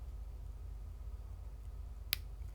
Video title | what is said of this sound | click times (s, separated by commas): POCO X7 Pro: How to Input SIM Card | and when you press it with your finger you can hear that click sound there we go | 2.1 s